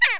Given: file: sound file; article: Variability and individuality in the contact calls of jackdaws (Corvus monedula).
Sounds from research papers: jackdaw call; harmonic

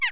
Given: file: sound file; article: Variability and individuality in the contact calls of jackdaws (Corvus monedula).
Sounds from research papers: jackdaw call; harmonic

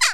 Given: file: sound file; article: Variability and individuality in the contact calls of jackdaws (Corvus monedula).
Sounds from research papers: jackdaw call; harmonic

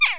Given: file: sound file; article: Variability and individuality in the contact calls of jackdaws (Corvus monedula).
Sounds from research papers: jackdaw call; harmonic

